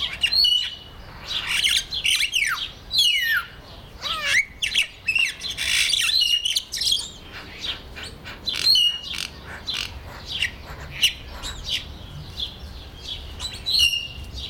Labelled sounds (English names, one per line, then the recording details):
Crested Myna
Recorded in captivity
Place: Zoo Berlin, Berlin, DE
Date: 1996-05-05 12:49
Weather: wolkig, 6-8°C
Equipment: Sony MD-WM MZ-R3, Sennheiser MKH 416 T, Kopie Uher 4000 Report Monitor
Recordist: Tembrock, Günter